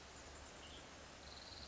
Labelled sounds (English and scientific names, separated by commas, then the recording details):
Western Tanager (Piranga ludoviciana)
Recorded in Sonoma County, California